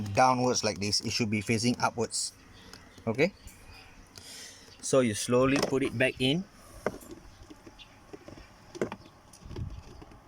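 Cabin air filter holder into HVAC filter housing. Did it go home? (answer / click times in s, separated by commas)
yes / 6.9 s, 8.8 s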